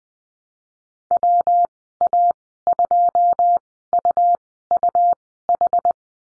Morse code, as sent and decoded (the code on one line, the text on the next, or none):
.-- .- ..--- ..- ..- ....
WA2UUH